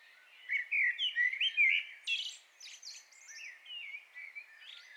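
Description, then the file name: Common blackbird song with rapid fluted warbling notes and scratchy high twitters running together. "Turdus merula"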